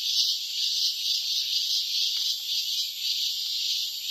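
Cicada droning in a dense high buzz, throbbing rhythmically about two times per second.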